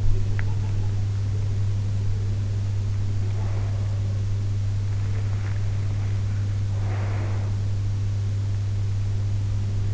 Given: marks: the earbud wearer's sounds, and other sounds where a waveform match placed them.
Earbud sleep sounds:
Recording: sounds in sleep by an in-ear microphone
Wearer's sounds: teeth grinding, breath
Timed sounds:
0.00-0.81 s: teeth grinding
2.90-4.87 s: breath
6.52-7.83 s: breath

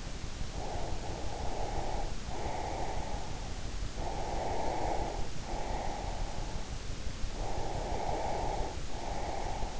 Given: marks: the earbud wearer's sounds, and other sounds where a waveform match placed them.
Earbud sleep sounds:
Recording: sounds in sleep by an in-ear microphone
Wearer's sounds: breath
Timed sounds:
0.42-3.25 s: breath
3.94-6.66 s: breath
7.25-9.80 s: breath

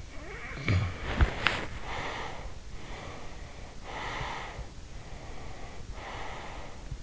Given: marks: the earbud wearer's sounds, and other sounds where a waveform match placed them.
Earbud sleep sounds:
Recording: sounds in sleep by an in-ear microphone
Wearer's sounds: snoring breath, body movement, breath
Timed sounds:
0.18-2.63 s: snoring breath
0.55-1.83 s: body movement
2.82-4.66 s: breath
4.92-7.03 s: breath

